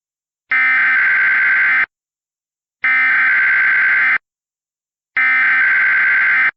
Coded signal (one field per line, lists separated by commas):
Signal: Emergency Alert System (SAME) tones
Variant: header bursts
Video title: *VALID TONES* M5.8 Earthquake in Central California (EAS Remake from 6/24/20)